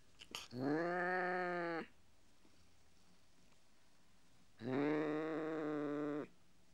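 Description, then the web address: Cat making two long, flat howls of over a second each, separated by a pause of nearly three seconds, with a brief rustle at the start. "BBC Sound Effects Library. Mog Cat Howling"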